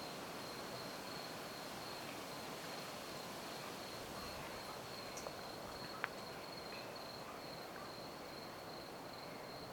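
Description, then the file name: Cricket trill as a thin steady high tone under a constant hiss, with a couple of brief clicks. Rural countryside at night. "freesound country rural night crickets and distant dog bark"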